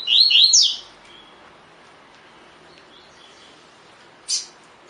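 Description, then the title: Double-collared seedeater gives one fast burst of high, twittering notes, then a pause and a single sharp high chip. Song style called tui tui; bird described as fibra (spirited). "COLEIRO DE GOLA TUI TUI FIBRA"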